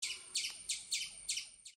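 Squirrel chatter: six harsh, high chirping bursts repeated roughly every third of a second, ending abruptly, with little else audible.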